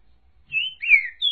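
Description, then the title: Green-winged saltator giving three clear whistled notes in quick succession, the middle one loudest and sliding down, the last held high and steady. Trinca-ferro song type 'voz 06', one of 14 song types compiled in a single video. "Canto De Trinca Ferro Voz 06"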